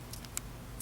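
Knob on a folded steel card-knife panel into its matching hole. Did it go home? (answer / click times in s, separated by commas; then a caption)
yes / 0.4 s. The folded parts of a steel credit-card knife are clamped together so the knobs on a panel snap into their matching holes, making the handle pop into place. Faint ticks come at about 0.1 s, 0.3 s and 0.8 s, with the sharp, bright main snap at 0.4 s. The handle is seated and locked into place.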